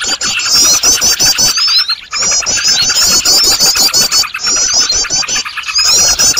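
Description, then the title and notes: Birds: noisy bird chorus of shrill, rapidly repeated squeaky notes and clicks, pausing briefly twice before resuming. Noisy bird sounds made as a lure (pikat) recording for attracting birds. "Burung Ribut Pikat"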